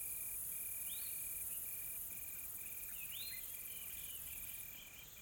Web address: Sonniss com - GDC 2020-Game Audio Bundle Smart Sound FX - Nature South Africa AMBIENCE Additional Tropical Forest Soft Insects Calm